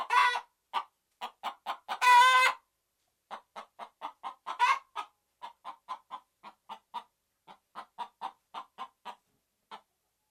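Red junglefowl cackle: two loud rasping squawks early and a third midway, then a long steady series of short, evenly spaced clucks.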